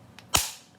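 After stamping, the plastic lid of a new ink pad is slid closed and pressed shut onto the ink pad case, because new ink pads need to be shut. A faint tick at 0.2 s comes before one sharp snap at 0.4 s that fades quickly, and the lid is properly closed.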